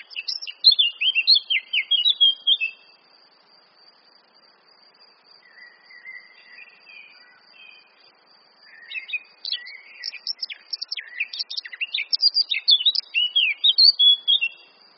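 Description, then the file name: Eurasian blackcap song, fast warbling phrases of varied chirps and slurred notes, in two main bursts with softer twittering between, over a steady high thin hiss. "Sylvia atricapilla"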